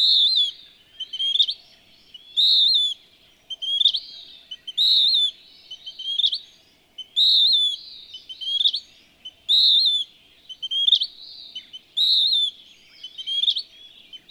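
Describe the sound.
Western wood-pewee singing a rhythmic run of buzzy, nasal slurs and rising flicks, steady and unhurried throughout, in a quiet setting.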